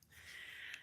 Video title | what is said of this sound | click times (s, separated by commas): Paddle Boarding With Me - Sunset Setup, Gear & Adventure | until you hear that click. | 0.7 s